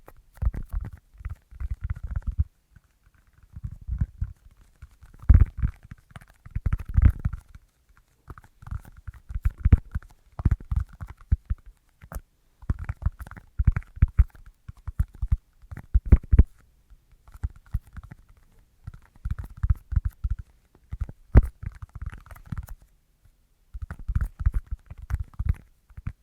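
Bursts of soft, quick tapping come in irregular clusters every few seconds, mostly low and thudding with a lighter clicky edge, separated by brief silences.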